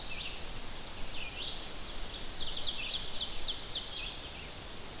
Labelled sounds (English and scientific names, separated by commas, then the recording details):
Ovenbird (Seiurus aurocapilla) song
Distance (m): 95 m
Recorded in boreal forest in Alberta, Canada, on 10 June 2016 at 07:32
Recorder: SongMeter 3, array SBT-3-39
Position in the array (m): 176 m, 168 m
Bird 17